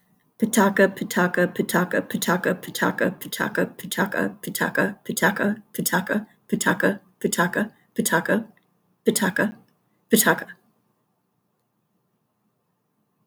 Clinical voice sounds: repeated syllables /pa ta ka/; female; 50 to 59 years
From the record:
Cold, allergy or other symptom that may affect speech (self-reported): no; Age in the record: 52 years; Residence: Texas, United States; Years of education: 14

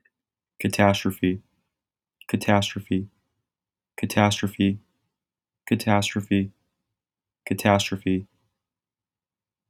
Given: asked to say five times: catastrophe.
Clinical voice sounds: repeated word; male; 20 to 29 years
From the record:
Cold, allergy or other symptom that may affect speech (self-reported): no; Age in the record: 20 years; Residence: Texas, United States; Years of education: 13

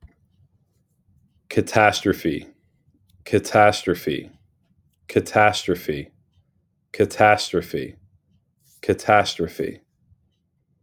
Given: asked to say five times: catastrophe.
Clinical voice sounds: repeated word; male; 30 to 39 years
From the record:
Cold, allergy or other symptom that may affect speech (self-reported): no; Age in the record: 35 years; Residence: Pennsylvania, United States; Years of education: 16

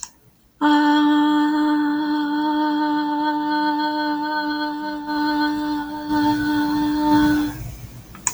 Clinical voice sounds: vowel held as long as possible; female; 18 to 19 years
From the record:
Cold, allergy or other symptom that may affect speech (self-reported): no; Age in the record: 18 years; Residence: Florida, United States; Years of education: 14

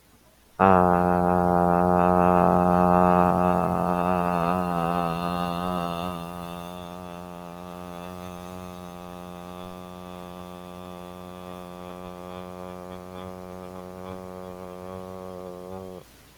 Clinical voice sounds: vowel held as long as possible; male; 20 to 29 years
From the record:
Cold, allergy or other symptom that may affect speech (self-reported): no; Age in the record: 28 years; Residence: Florida, United States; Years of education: 15

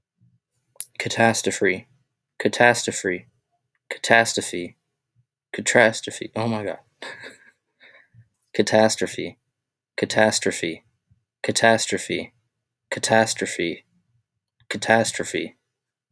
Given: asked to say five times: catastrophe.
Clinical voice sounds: repeated word; male; 20 to 29 years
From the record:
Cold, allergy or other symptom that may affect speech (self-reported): no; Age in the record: 28 years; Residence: United States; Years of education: 16

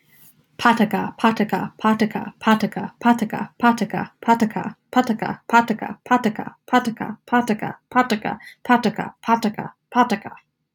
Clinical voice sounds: repeated syllables /pa ta ka/; female; 20 to 29 years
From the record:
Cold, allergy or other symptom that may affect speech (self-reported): no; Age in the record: 21 years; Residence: Connecticut, United States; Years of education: 15

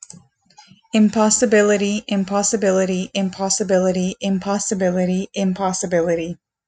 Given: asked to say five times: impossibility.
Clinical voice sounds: repeated word; female; 30 to 39 years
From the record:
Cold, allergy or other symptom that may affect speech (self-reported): no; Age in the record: 30 years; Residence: California, United States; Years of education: 13

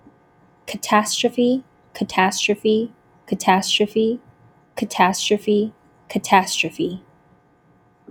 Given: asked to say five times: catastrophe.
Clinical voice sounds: repeated word; female; 20 to 29 years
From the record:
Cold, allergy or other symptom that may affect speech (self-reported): no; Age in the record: 22 years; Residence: Illinois, United States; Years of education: 16

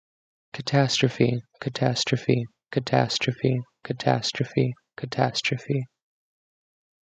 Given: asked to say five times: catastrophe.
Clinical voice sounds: repeated word; male; 20 to 29 years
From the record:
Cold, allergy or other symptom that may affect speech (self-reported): no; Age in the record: 23 years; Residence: Minnesota, United States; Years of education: 13

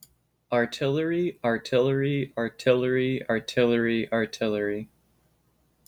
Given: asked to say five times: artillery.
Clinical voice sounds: repeated word; male; 20 to 29 years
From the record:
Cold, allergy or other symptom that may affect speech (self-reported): no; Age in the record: 22 years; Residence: Florida, United States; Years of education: 15

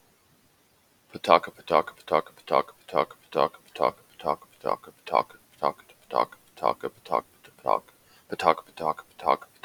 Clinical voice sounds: repeated syllables /pa ta ka/; male; 30 to 39 years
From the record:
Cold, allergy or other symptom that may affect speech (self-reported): no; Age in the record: 39 years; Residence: Utah, United States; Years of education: 12

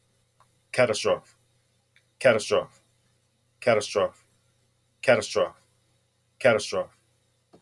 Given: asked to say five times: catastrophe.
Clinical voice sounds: repeated word; male; 40 to 49 years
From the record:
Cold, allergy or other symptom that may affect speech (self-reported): no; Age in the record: 40 years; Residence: Texas, United States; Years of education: 12

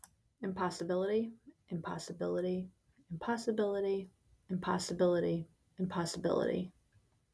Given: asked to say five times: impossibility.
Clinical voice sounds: repeated word; female; 30 to 39 years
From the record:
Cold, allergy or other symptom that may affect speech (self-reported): no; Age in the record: 34 years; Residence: Georgia, United States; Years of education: 17

